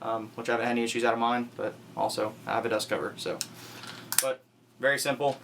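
Someone talks while handling the ejection port dust cover on a rifle receiver, with a few faint handling sounds between phrases. The clip ends just before the dust cover is closed, so nothing has clicked into place yet.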